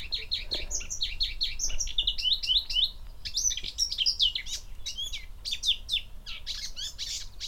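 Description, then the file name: Eurasian blackcap song: a long run of rapid, varied warbled phrases mixing chattering notes with clear fluting whistles, with low background rumble. "Sylvia atricapilla"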